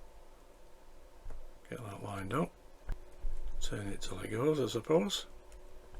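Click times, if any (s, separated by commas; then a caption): none. A plastic suspension piece on a model car part is being lined up over its pegs and twisted into place, with small ticks of handling while someone talks. Nothing has seated or clicked yet; the clip ends just before the part goes home.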